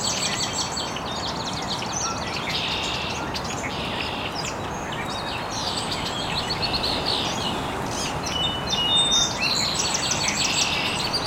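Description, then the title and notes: Birdsong chorus with bursts of rapid high chirping and short trills repeating in clusters, over a continuous hissing background. Recorded very early in the morning in an estuary. "Birds Chirping in the Early Morning. Original sounds of birds chirping very early in the morning in an estuary"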